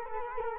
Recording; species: mosquito wingbeat signal from an infrared sensor; Culex quinquefasciatus